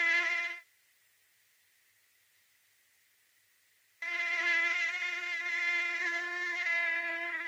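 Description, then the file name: Mosquito whine, a thin continuous buzz that stops abruptly after about half a second, then silence for over three seconds before the droning hum resumes steadily. "moustique bruit"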